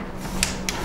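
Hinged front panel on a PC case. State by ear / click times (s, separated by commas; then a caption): seated / 0.4 s, 0.7 s. The hinged front panel of a PC case, which drops down when pushed to expose the fans, is pushed back up against a steady low hum. Two sharp clicks sound at 0.4 s and 0.7 s as it snaps into its latch, and the panel is shut.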